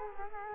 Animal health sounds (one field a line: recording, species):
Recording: mosquito wingbeat signal from an infrared sensor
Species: Culex quinquefasciatus